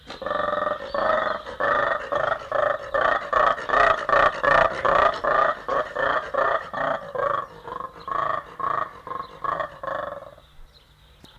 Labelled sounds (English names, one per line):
Mantled Guereza call